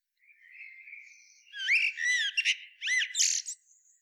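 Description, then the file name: Eurasian blackbird song phrase: a soft, drawn-out thin note builds into loud, rapid warbling with arched whistles and a shrill squeaky finish. "Turdus merula"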